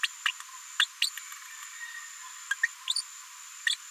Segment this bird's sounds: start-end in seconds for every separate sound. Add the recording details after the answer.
0.03-0.08, 0.25-0.32, 0.79-0.86, 1.01-1.10, 2.50-2.55, 2.62-2.68, 3.66-3.77. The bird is a female. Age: 36 days. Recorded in a nest box in Venezuela. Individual 17B73B4